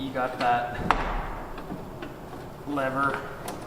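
Someone talks while handling the locking lever on the headlight wiring connector of a Dodge Ram 1500 headlight assembly during a low-beam LED projector-style headlight conversion. Brief thumps and handling noises are heard between the speech. Nothing has clicked or seated yet; the clip ends just before the lever locks home.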